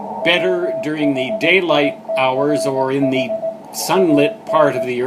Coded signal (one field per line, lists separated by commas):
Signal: Morse code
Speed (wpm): 18 wpm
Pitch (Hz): 650 Hz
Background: speech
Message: WHICH AN